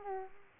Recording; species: mosquito wingbeat signal from an infrared sensor; Aedes aegypti